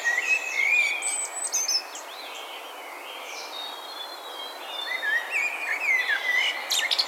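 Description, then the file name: Common blackbird singing wavering whistles at the start and again later, mixed with higher squeaky notes. "Turdus merula"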